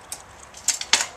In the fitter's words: flips together locks into place